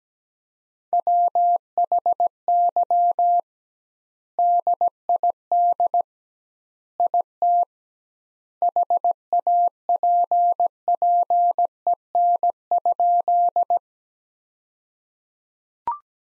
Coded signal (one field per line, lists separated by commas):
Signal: Morse code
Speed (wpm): 17 wpm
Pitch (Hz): 700 Hz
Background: none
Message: WHY DID IT HAPPEN?